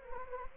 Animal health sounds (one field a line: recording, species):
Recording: mosquito wingbeat signal from an infrared sensor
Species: Anopheles gambiae